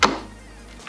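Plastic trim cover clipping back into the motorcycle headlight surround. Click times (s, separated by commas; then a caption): 0.1 s. While a headlight protector is installed on a KTM Super Adventure motorcycle, a plastic trim cover is pushed in from its base back into the headlight surround, giving a sharp snap at 0.1 s as it pops into place over the clips. The snap fades into a quiet tail, with a softer brief sound near 0.9 s. The cover is seated.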